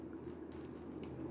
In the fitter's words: just put it there you can hear the click